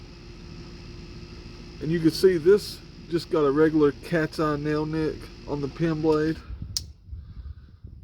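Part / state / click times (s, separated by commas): pocket knife pin blade in slip joint backspring / seated / 6.8 s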